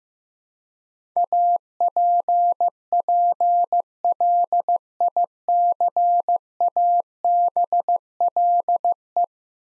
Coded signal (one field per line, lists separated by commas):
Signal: Morse code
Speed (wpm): 15 wpm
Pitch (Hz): 700 Hz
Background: none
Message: APPLICABLE